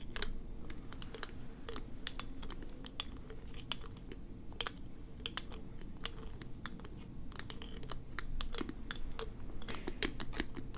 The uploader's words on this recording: ASMR This Or That - Bestie Plays With Your Hair (Scalp Oiling, Plucking, Scratching, Hair Brushing). Scalp oiling, plucking, scratching (massage), hair parting, and brushing.